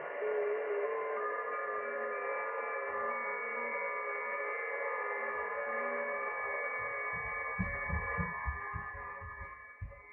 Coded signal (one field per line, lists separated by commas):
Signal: FT8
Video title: Danny Shortwave And Radio DX Live Stream #144 9/22/2024